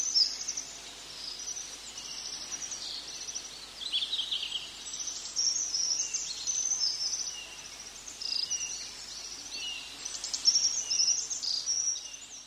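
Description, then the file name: Japanese accentor singing a nearly continuous high, scratchy warble of fast twittering notes, fairly faint against a soft background hiss. "kayakuguri"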